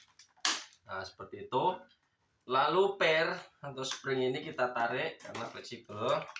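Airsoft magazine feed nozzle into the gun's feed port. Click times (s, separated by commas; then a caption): 0.4 s. The BB feed nozzle (connector) of an airsoft M249 magazine is pushed into the gun's feed port until it latches, clicking in sharply at 0.5 s. Someone then talks through the rest of the clip.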